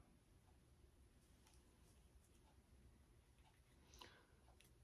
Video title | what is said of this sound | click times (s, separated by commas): Motu origins unboxing | see how easy it is to just snap in place | 4.6 s